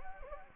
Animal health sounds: mosquito wingbeat signal from an infrared sensor; Anopheles gambiae

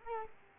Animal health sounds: mosquito wingbeat signal from an infrared sensor; Culex quinquefasciatus

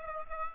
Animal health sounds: mosquito wingbeat signal from an infrared sensor; Aedes aegypti

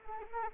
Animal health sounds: mosquito wingbeat signal from an infrared sensor; Anopheles arabiensis

